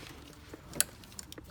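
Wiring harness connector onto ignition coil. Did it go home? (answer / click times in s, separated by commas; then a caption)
yes / 0.8 s. A wiring harness connector is pushed onto an ignition coil during spark plug and ignition coil reassembly on a Jeep Grand Cherokee. A sharp, bright click at 0.8 s marks the connector latching into position, followed by a few fainter ticks. The connector is seated.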